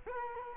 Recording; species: mosquito wingbeat signal from an infrared sensor; Culex quinquefasciatus